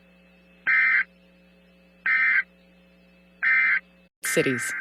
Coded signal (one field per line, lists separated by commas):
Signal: Emergency Alert System (SAME) tones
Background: speech